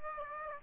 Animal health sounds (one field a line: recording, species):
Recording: mosquito wingbeat signal from an infrared sensor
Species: Aedes aegypti